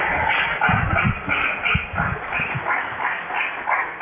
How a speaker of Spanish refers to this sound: yo le pido que le demos un aplauso sentido, de verdad, a estos compañeros que son nuestros invitados de honor el día de hoy.